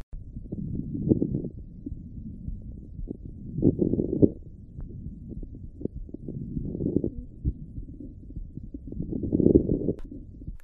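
Lung crackles heard through a stethoscope: breaths at about 21 a minute with many brief popping clicks, usually meaning fluid in the lungs or a process causing inflammation or scarring, a sign of a potentially serious lung problem.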